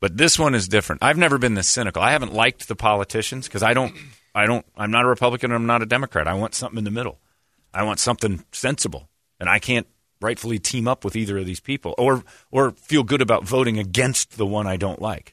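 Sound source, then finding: Adult male speaker. Typical speech.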